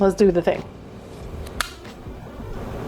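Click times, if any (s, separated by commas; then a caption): 1.6 s. A prefilled weight-loss injector pen is pressed against skin and pushed in to start the injection. Someone talks briefly at the start, then a soft tick comes at 1.5 s and the pen gives a loud, sharp click at 1.6 s. This is the first click, which activates the pen, and no second click follows in the clip.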